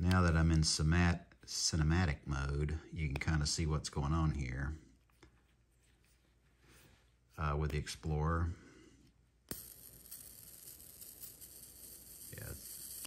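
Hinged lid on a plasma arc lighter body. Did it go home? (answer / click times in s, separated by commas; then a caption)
yes / 9.5 s. Someone talks while the hinged lid of a rechargeable plasma arc lighter is closed onto the lighter body. A sharp click at 9.5 s marks the lid snapping shut and locking into place so it won't fly open, followed by a steady hiss.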